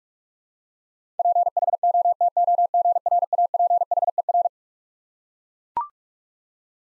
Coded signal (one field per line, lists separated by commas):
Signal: Morse code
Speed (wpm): 41 wpm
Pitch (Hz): 700 Hz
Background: none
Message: PHOTOGRAPHER